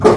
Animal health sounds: pig call; growing-finishing pig (85 days or more)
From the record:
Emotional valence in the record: positive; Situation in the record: run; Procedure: transit

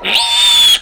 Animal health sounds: pig call; piglet (1 to 25 days)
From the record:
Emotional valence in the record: negative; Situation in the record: crushing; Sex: female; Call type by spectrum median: high-frequency call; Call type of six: mixed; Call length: 0.81 s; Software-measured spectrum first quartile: 3166 Hz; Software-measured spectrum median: 3559 Hz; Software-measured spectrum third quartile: 4708 Hz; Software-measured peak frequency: 3424 Hz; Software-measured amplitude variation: 97 dB a second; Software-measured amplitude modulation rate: 19.7 a second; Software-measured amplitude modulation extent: 4.9 dB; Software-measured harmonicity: 7.1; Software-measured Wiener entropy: -2.48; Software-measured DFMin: 870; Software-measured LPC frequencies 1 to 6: 916, 2663, 3504, 4452, 5185, 6987 Hz

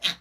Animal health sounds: pig call; piglet (1 to 25 days)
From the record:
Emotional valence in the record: negative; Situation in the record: castration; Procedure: castration, fixation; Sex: male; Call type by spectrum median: high-frequency call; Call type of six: low-frequency tonal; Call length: 0.21 s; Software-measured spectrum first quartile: 2657 Hz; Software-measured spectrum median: 3403 Hz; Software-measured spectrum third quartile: 3930 Hz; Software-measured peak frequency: 3653 Hz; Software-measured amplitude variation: 254 dB a second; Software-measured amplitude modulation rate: 7.3 a second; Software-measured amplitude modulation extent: 34.8 dB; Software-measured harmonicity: 3.8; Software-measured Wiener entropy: -1.15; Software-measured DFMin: 580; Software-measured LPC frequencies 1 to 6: 1765, 2516, 3249, 3825, 5832, 8144 Hz

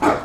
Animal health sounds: pig call; growing-finishing pig (85 days or more)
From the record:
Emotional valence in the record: positive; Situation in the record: run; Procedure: transit

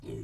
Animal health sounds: pig call; weaner (32 to 43 days)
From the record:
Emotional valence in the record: negative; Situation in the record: negative conditioning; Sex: female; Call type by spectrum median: low-frequency call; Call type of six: low-frequency stable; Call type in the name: low-frequency stable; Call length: 0.24 s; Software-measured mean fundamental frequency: 41 Hz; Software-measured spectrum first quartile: 127 Hz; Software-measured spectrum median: 280 Hz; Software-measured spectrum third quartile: 442 Hz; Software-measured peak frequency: 381 Hz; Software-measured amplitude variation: 126 dB a second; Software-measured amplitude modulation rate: 27.2 a second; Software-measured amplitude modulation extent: 4.6 dB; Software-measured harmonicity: -1.0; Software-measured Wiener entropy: 0.24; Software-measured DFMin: 913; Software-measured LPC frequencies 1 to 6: 371, 2260, 2967, 3664, 4363, 7215 Hz

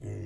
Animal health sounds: pig call; weaner (32 to 43 days)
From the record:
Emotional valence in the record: negative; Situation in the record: negative conditioning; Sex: female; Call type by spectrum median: low-frequency call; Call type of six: low-frequency stable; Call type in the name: low-frequency stable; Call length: 0.26 s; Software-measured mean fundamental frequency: 52 Hz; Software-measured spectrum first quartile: 101 Hz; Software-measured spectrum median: 177 Hz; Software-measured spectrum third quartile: 426 Hz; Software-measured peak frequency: 112 Hz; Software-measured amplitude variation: 100 dB a second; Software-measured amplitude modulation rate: 25.5 a second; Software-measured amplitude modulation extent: 3.9 dB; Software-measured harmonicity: -2.2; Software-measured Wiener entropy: -0.09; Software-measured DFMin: 799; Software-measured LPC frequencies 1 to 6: 373, 1973, 2714, 4793, 5755, 6453 Hz

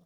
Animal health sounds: pig call; piglet (1 to 25 days)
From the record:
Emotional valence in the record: positive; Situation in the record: reunion after long isolation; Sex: male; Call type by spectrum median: low-frequency call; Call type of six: low-frequency tonal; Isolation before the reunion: 8 minutes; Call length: 0.05 s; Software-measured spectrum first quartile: 175 Hz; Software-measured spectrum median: 320 Hz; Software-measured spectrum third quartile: 1282 Hz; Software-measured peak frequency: 172 Hz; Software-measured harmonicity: 8.2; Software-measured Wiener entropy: -1.37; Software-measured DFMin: 1121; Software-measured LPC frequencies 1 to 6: 3504, 5589, 6634, 7169, 8520, 9310 Hz

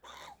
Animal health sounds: pig call; piglet (1 to 25 days)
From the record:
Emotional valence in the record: negative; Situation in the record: restrain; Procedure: back test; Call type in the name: low-frequency call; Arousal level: medium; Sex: male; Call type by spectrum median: low-frequency call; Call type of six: low-frequency tonal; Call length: 0.40 s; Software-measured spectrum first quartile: 929 Hz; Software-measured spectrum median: 1689 Hz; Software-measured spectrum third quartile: 3642 Hz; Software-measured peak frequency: 821 Hz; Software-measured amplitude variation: 159 dB a second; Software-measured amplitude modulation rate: 21.1 a second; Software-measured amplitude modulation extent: 7.5 dB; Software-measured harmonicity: 1.7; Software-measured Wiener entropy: -1.61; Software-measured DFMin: 1549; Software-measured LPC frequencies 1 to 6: 884, 2056, 3617, 5585, 6249, 7008 Hz

